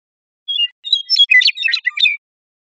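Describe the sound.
Western meadowlark song, opening with whistled notes and tumbling into a fast, complex gurgle of fluty notes.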